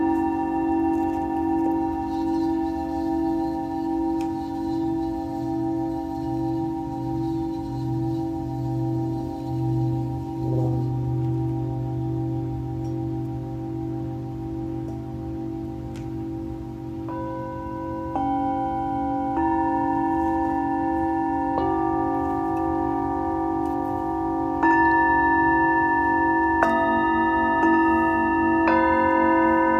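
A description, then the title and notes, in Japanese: Singing bowls ring for sound healing, a steady low hum with sustained overtones layered above. New bowl strikes enter around 17, 18, 20, 25 and 27 seconds, each adding bright, lingering tones that slowly fade while the drone continues underneath. メキシコから シンギングボウルのサウンドヒーリング ライブ。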